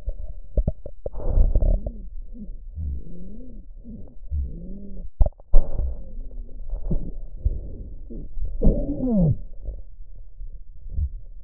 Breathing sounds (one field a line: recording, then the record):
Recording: lung sounds by stethoscope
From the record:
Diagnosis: chronic bronchitis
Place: left posterior upper chest